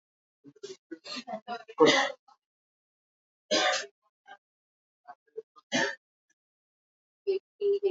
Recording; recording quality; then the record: shallow breathing; poor, much background noise or distortion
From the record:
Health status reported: respiratory illness, not identified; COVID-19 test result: not tested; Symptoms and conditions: asthma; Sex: female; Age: 46 years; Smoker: not ticked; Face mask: worn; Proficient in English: yes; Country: India